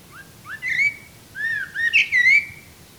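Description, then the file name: Eurasian blackbird song phrase: rich, rising and falling whistled notes run together, ending in brief high scratchy twitters. "Turdus merula"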